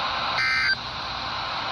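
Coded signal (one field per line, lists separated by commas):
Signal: Emergency Alert System (SAME) tones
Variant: end-of-message bursts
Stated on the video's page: Winter storm warning from a NOAA weather radio transmitter on 162.400 MHz at Canton/Mount Pisgah, NC, received about 104 miles away.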